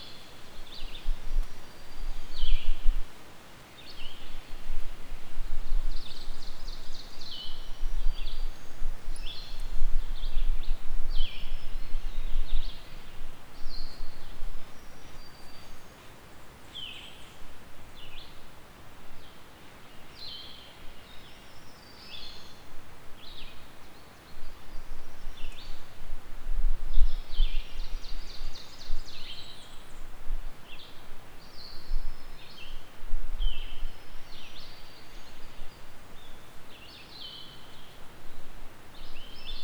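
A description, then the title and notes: Birdsong fills an old-growth hardwood forest, with many small, bright chirps and trills overlapping almost continuously. A soft, steady hiss of forest air sits underneath, and a faint low rumble swells now and then, most noticeably early on and around the middle. This Soundcast was recorded on May 16th in the Joyce Kilmer Memorial Forest in the far western corner of the North Carolina mountains. The 3,800 acre forest is one of the nation’s few reserves of old growth hardwood forest. 400+ year old poplars.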